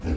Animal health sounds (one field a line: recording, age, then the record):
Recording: pig call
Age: growing-finishing pig (85 days or more)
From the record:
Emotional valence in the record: negative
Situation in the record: barren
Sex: male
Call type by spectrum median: low-frequency call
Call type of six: low-frequency stable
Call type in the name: low-frequency stable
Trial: 3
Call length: 0.17 s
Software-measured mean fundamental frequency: 39 Hz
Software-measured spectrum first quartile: 75 Hz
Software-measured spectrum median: 177 Hz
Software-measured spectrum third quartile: 376 Hz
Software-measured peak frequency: 73 Hz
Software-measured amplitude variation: 114 dB a second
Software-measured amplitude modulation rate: 2.9 a second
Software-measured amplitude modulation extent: 38.8 dB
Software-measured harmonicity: -5.1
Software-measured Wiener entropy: -0.57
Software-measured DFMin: 1305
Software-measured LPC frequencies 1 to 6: 1550, 2467, 4110, 4793, 5763, 6729 Hz